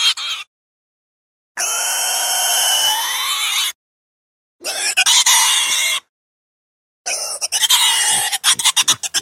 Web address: свинья